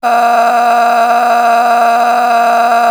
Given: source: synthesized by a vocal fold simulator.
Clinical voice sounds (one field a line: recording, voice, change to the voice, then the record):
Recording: sustained vowel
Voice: female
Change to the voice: a random mix of aspiration noise, stiffness perturbation and strain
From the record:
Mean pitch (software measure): 236 Hz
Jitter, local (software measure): 2.02%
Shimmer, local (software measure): 12.9%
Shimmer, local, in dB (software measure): 1.15 dB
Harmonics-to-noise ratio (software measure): 11.1 dB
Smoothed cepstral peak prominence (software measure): 11.6 dB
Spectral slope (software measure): -17.5 dB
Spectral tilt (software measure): -8.9 dB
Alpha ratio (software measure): -8.0 dB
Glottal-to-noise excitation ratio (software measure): 0.776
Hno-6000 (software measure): 1.8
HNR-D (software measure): 30.5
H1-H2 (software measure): -3.6 dB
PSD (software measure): 1.0e-04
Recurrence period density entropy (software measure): 0.126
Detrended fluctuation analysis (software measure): 0.0124